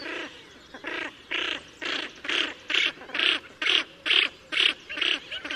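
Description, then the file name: Common pochard rough, grating call notes, about a dozen in a regular steady run, growing louder partway through, with little else audible. "Fuligule milouin"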